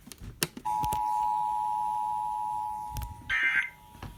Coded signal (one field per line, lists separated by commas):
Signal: Emergency Alert System (SAME) tones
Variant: 853 and 960 Hz attention tone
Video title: EAS TORNADO WARNING YORK, PA EAS#145-148